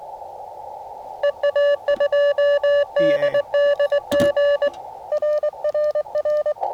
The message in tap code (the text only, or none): none